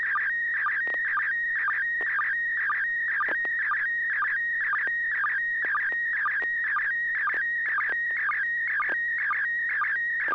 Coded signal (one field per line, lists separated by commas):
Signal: SSTV (slow-scan television)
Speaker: yes uh you do have a town go right ahead okay